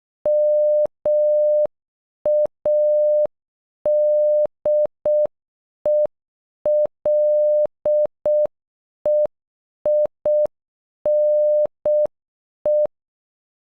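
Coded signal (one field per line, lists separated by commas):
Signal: Morse code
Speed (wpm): 12 wpm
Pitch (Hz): 600 Hz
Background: none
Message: MADELEINE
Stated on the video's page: The name sent in Morse at normal speed and at half speed.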